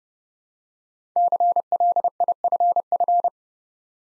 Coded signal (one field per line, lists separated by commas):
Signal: Morse code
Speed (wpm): 30 wpm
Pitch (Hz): 700 Hz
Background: none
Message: CLIFF